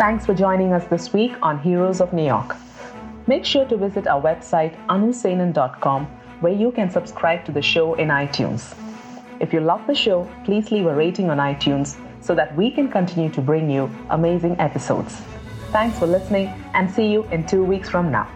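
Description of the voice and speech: One woman speaks fluently at an even, moderate pace in a clear, steady mid-pitched voice, with short natural pauses between phrases. Articulation is crisp and the voice is not hoarse, breathy or strained, so this is ordinary speech. The room is quiet.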